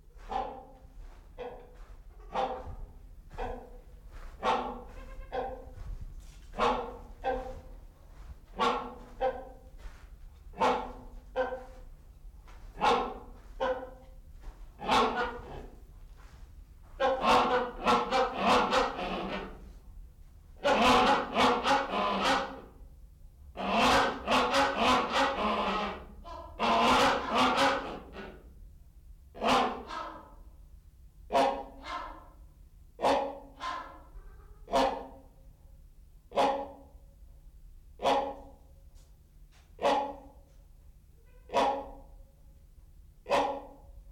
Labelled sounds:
Great Hornbill call
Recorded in captivity
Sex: pair
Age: adult
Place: Zoo Berlin, Berlin, DE
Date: 1995-01-14 11:11
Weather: heiter bis wolkig, -1°C
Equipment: Marantz CP 430, Sennheiser ME 80, Kopie Uher Variocord 263
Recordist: Tembrock, Günter
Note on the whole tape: Männchen: Rufreihe, Weibchen teilweise einfallend

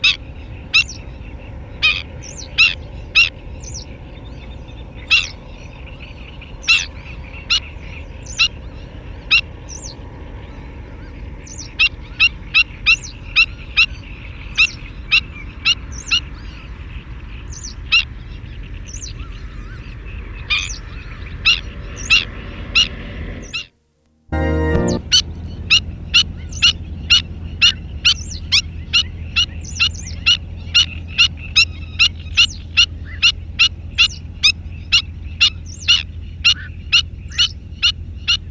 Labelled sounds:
Black-winged Stilt call
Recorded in the wild
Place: Burgas, BG
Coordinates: 42.505, 27.463
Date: 1974-06-03
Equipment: Nagra III BH, Sennheiser MD 21, parabola
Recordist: Schubert, Michael

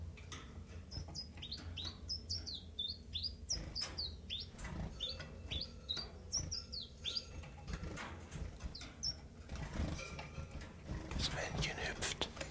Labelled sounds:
Common Chiffchaff
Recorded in captivity
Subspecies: collybita
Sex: male
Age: adult
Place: Zoologisches Institut Universität Tübingen, Baden-Württemberg, DE
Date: 1963-03-06
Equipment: LGS26
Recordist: Schneider, Hans-Joachim
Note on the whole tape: Rivalengesänge. Versuchsanordnung: Doppelkäfig mit undurchsichtiger Trennwand: ein Paar (Männchen: blau gelb/gelb, Weibchen: blau gelb/grün) und benachbart ein Weibchen (blau rot/grün)

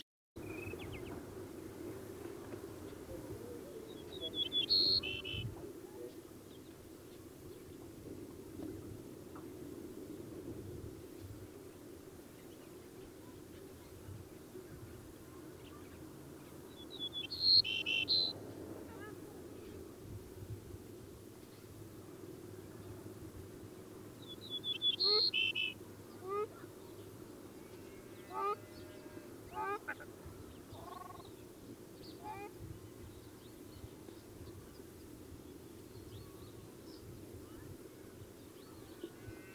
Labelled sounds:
Grey-necked Bunting song
Ruddy Shelduck
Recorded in the wild
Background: Tadorna ferruginea
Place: Chudjirt, MN
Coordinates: 47.013, 102.255
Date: 1979-06-07
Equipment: Nagra III BH, Sennheiser MD 21, parabola
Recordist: Schubert, Michael
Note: Gesang Steinortolan, Hintergrund Rostgans

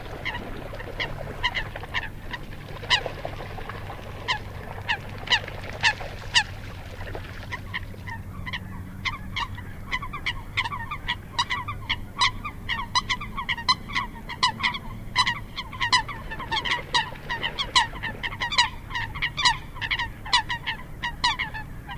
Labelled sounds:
Eurasian Coot call
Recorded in the wild
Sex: diverse
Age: adult
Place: Kützerhof, Kummerower See, Mecklenburg-Vorpommern, DE
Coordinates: 53.8525, 12.8719
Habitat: wetland
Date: 2011-04-18 23:45
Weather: clear, full moon, 10°C, weak northerly winds
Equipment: Sound Devices 702, Sennheiser MKH 70, Rycote Windschutz
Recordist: Frommolt, Karl-Heinz

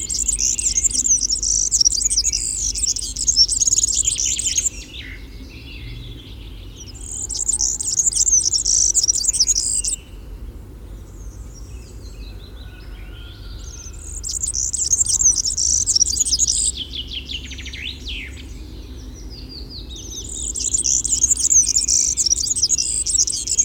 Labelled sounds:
European Serin song
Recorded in the wild
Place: Schorfheide, Brandenburg, DE
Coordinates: 52.907, 13.531
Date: 1989-07-08
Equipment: Nagra III BH, Sennheiser MD 21, parabola
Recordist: Schubert, Michael

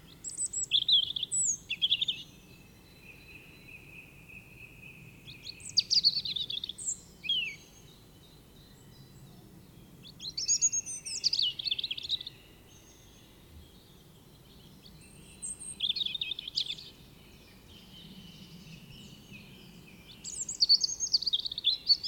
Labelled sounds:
European Robin song
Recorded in the wild
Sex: male
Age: adult
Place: Kaiserslautern, Rheinland-Pfalz, DE
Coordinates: 49.4372, 7.80972
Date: 1978-03-28
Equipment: Nagra IV, Sennheiser MKH 405, Parabolreflektor
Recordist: Tretzel, Erwin

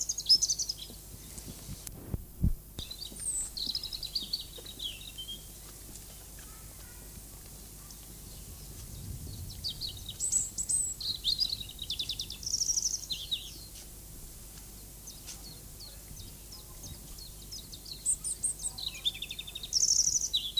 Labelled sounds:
European Robin song
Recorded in the wild
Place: Lübars (Fließtal), Berlin, DE
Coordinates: 52.6167, 13.35
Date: 2004-04-11 13:30
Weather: overcast, 14°C
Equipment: Fair Mate ST-1328 (Asahi Electronics, Japan), Sennheiser ME 80, Kopie Uher 4000 Report Monitor
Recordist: Tembrock, Günter

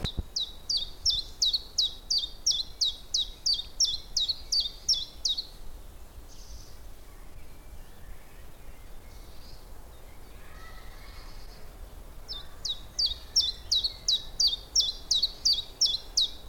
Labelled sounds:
Common Chiffchaff
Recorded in the wild
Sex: male
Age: adult
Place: Köllnische Heide, Berlin, DE
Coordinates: 52.46, 13.51
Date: 1989-04-27 17:32
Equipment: Uher 4400 Report Monitor, Sennheiser ME 80, K 30 AV
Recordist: Fischer, Stefan
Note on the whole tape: Gesang

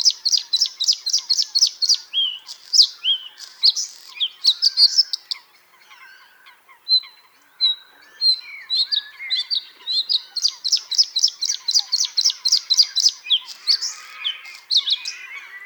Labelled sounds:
Bluethroat
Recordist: Frommolt, Karl-Heinz
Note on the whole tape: Gesang

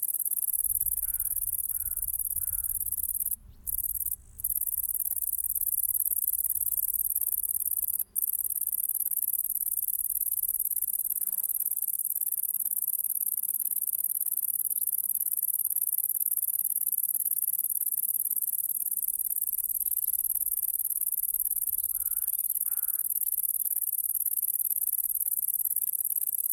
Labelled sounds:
Great Green Bush-cricket
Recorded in the wild
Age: imago
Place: Pähnitz, Thuringia, DE
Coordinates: 51.0365, 12.4784
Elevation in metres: 160
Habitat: fallow field
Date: 2024-07-29 17:49
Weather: 23°C, sunny, no wind
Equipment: Sound Devices MixPre6, 2 Sennheiser MKH8040
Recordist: Frommolt, Karl-Heinz

